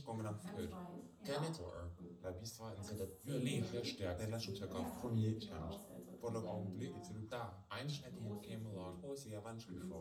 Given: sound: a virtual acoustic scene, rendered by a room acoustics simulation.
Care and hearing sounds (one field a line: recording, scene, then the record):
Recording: noise of the scene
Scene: living room, asymmetric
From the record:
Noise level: 67 dB SPL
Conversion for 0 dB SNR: 5.4 dB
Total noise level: 72.4 dB SPL